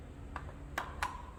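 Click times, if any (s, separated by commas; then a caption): 0.8 s. A headlight wiring plug is pushed into its harness socket on a 2020 Triumph Street Triple R 765 after the flyscreen and headlight assembly are fitted. Three short, sharp clicks sound over a low hum at about 0.4, 0.8 and 1.0 seconds, and the strongest, at 0.8 seconds, is the connector clicking in. The connector is seated.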